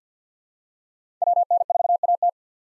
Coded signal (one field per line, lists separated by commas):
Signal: Morse code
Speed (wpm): 50 wpm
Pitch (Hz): 700 Hz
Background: none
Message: WN4AT